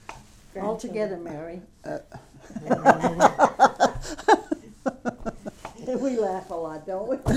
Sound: they laugh

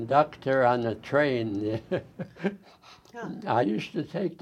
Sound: laughs

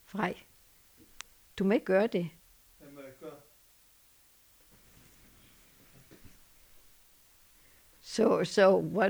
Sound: voice off mike

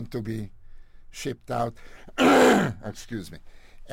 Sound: clears throat

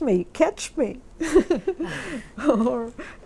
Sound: she laughs

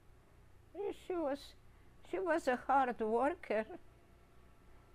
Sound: none

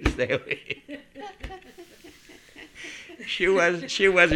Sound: they laugh

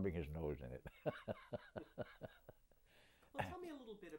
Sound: laughs

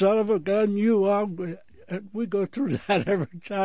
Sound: laughing

